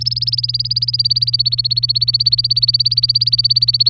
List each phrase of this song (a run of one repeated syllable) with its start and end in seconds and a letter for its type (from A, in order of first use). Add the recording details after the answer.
0.00-3.90 A. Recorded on 24 April 2018 at 07:49. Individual llb3